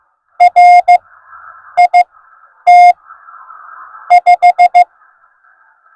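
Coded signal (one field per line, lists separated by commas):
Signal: Morse code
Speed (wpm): 15 wpm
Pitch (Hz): 710 Hz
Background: none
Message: RIT 5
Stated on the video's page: CW POTA activation by a newcomer calling CQ POTA on 20 metres, Yaesu FT-891 at 20 watts into a 17-foot telescoping whip, battery powered.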